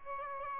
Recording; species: mosquito wingbeat signal from an infrared sensor; Aedes aegypti